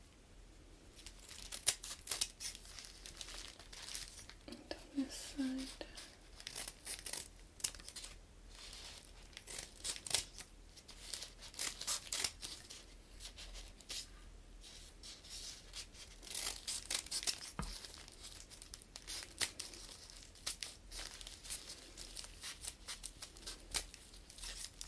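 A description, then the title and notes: Crisp crinkling fills the recording, a dense run of sharp rustles and crackles that never settles into a steady rhythm, with busier stretches around the middle and near the end. A brief low murmur, perhaps a voice, surfaces near five seconds. ASMR Crinkles all the way.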